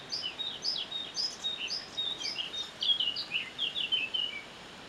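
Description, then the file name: Eurasian blackcap singing a continuous, rich warble of quick, varied whistled phrases, rising and falling, with no other clear sounds. "Sylvia atricapilla"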